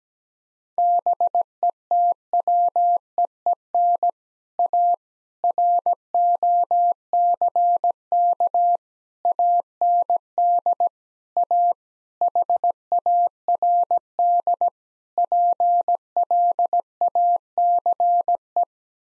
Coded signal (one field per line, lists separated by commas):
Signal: Morse code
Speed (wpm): 17 wpm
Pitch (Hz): 700 Hz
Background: none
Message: BETWEEN A ROCK AND A HARD PLACE